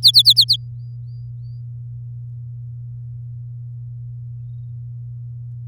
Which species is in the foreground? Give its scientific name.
Serinus canaria